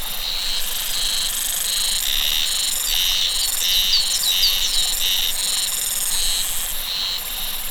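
Cicadas produce rasping, pulsed buzzes in repeated short bursts over a steady high drone; a few thin chirps come in midway.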